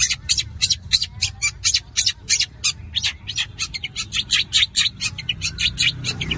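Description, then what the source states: Long-tailed shrike song made of harsh, scratchy notes repeated rapidly and steadily, forming a grating, insistent chatter. Combination song style (kombinasi).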